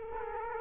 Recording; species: mosquito wingbeat signal from an infrared sensor; Culex quinquefasciatus